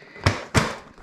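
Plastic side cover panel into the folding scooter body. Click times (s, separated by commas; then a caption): 0.3 s. The plastic side cover panel of a folded Honda Motocompo scooter, with its three teeth hooked in, is pressed shut against the scooter body. A sharp plastic snap sounds at 0.3 s, followed by a second, similar loud burst around 0.6 s. The panel snaps into place and is seated.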